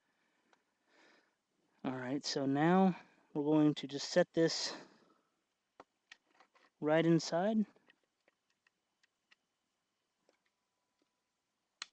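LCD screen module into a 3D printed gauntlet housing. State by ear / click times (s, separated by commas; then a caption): seated / 11.8 s. A small LCD picture-frame screen and its board are set inside a 3D printed gauntlet housing and pressed down until the plastic snaps into place. Someone talks briefly, then a few faint ticks follow before a sharp snap at 11.8 seconds as the screen seats.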